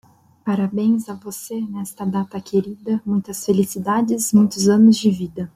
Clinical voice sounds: short text; Brazilian Portuguese; female; 20 to 29 years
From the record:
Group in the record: control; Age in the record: 21 years

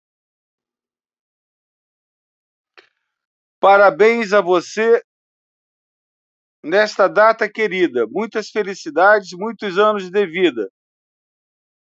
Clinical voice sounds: short text; Brazilian Portuguese; male; 70 to 79 years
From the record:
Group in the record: control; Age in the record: 70 years

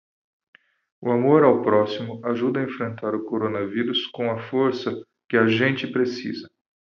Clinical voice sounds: spoken sentence; Brazilian Portuguese; male; 40 to 49 years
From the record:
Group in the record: control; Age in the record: 44 years

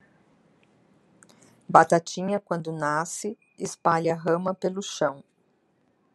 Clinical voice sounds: short text; Brazilian Portuguese; female; 60 to 69 years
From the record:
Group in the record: control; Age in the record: 63 years

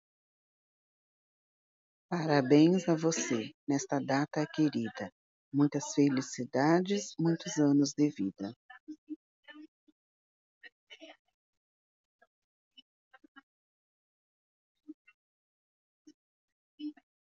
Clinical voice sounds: short text; Brazilian Portuguese; female; 50 to 59 years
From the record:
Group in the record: control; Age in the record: 51 years

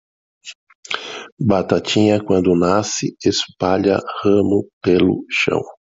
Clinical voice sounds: short text; Brazilian Portuguese; male; 50 to 59 years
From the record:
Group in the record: control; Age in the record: 55 years

